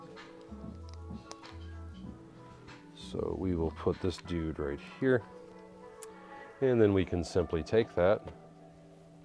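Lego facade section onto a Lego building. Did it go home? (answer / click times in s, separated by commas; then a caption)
no / none. A plastic Lego facade section is handled and moved forward on a Lego building while someone talks over background music, with a few faint sharp ticks. Nothing has seated or clicked into place yet.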